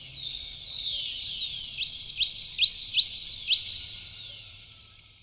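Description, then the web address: Blue-and-yellow Tanager notes: faint thin chatter, then several sharp rising squeaks in quick succession that fade into quieter twitters. Recorded in Ecuador; part of a South American bird sound collection. "Natures Songs S America Birds of Ecuador 4-12 Blue-And-Yellow Tanager"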